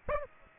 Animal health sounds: mosquito wingbeat signal from an infrared sensor; Aedes aegypti

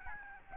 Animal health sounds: mosquito wingbeat signal from an infrared sensor; Aedes albopictus

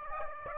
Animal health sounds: mosquito wingbeat signal from an infrared sensor; Aedes aegypti

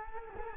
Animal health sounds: mosquito wingbeat signal from an infrared sensor; Culex quinquefasciatus

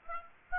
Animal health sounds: mosquito wingbeat signal from an infrared sensor; Aedes aegypti

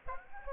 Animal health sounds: mosquito wingbeat signal from an infrared sensor; Aedes aegypti

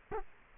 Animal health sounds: mosquito wingbeat signal from an infrared sensor; Culex quinquefasciatus

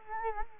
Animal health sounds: mosquito wingbeat signal from an infrared sensor; Culex quinquefasciatus

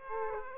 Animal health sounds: mosquito wingbeat signal from an infrared sensor; Aedes aegypti

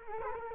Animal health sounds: mosquito wingbeat signal from an infrared sensor; Culex quinquefasciatus

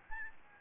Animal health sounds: mosquito wingbeat signal from an infrared sensor; Aedes albopictus

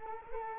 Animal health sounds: mosquito wingbeat signal from an infrared sensor; Culex quinquefasciatus

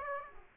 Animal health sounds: mosquito wingbeat signal from an infrared sensor; Aedes aegypti

